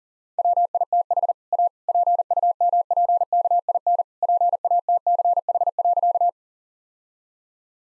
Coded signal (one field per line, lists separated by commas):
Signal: Morse code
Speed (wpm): 40 wpm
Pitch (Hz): 700 Hz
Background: none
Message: WITH A PUMPKIN PATCH.